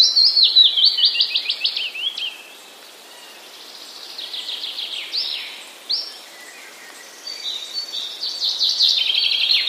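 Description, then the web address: Willow warbler song in several bursts, each a gentle descending series of clear slurred notes, separated by short pauses of quiet background. Recorded on 10 May 2015. "wroblowe kontra piecuszek 10 05 2015"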